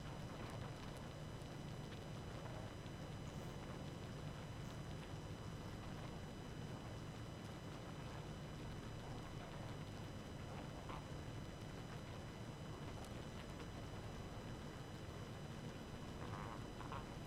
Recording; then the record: honeybee colony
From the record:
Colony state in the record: active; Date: 12 June 2018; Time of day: 22:54